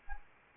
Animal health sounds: mosquito wingbeat signal from an infrared sensor; Anopheles arabiensis

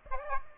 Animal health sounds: mosquito wingbeat signal from an infrared sensor; Aedes aegypti

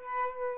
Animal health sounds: mosquito wingbeat signal from an infrared sensor; Aedes aegypti

